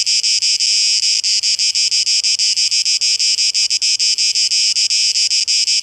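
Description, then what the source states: Cicada song, a harsh high buzz broken into many quick throbbing pulses, slightly uneven in pace. Cicadas recorded 12 August 2023, heard in a tape echo mix.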